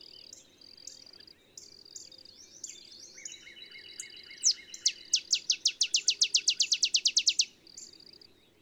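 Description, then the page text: Olive sparrow: other birds' short buzzes and trills lead in before an olive sparrow bursts into a long, fast-accelerating series of sharp chips. Male singing; simple songs like a field sparrow's bouncing-ball song, early morning, Texas, 50 miles north of the Mexican border. "Birdsong for the Curious Naturalist. Olive sparrow"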